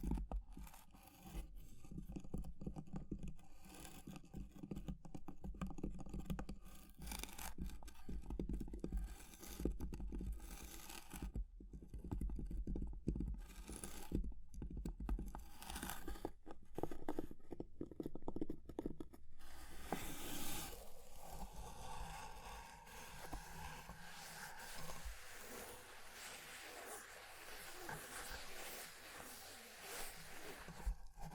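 Fire crackling with scratching and tapping, dense irregular clicks and scrapes over a low rumble for the first twenty seconds. After about 19 seconds the sound shifts to a smoother, brighter hiss with softer crackles, steadier and less busy until the end.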